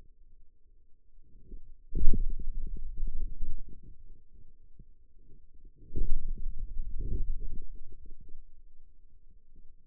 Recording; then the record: forearm muscle sounds (acoustic myography)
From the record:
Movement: finger pinch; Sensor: system 2, bracelet of six BSWA MPA416 microphones around the upper forearm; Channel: 2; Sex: male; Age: 22 years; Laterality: right